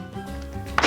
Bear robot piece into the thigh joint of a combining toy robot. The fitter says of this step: 찰칵 찰칵 소리가 날 때까지